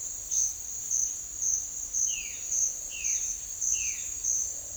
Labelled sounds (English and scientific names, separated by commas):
Violaceous Jay (Cyanocorax violaceus)